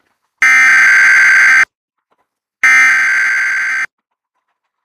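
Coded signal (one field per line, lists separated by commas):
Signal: Emergency Alert System (SAME) tones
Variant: header bursts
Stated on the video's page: Live IPTV stream alert generated by a DASDEC unit, with valid EAS tones.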